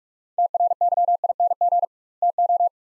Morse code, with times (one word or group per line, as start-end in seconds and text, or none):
0.4-1.8 TRYING
2.2-2.7 TO